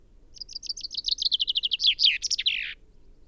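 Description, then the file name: Common chaffinch song: a bright, rapid series of repeated notes that descends in pitch and closes with an emphatic flourish, lasting about two and a half seconds. "Fringilla coelebs"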